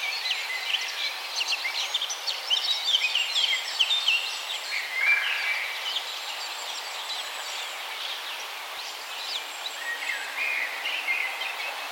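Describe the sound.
Birds singing in a busy chorus of high chirps, trills and short whistles overlapping continuously, with a soft steady background hiss.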